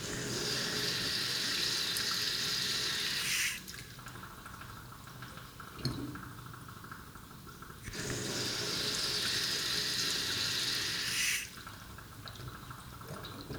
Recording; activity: daily activity, guitar pickup as the sensor; flush